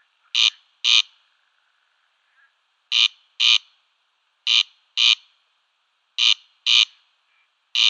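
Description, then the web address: Corn crake display call: dry, rasping double notes, crex-crex, four pairs with pauses of varying length between them and a fifth note at the end. "Schulze Peter Corn Crake display"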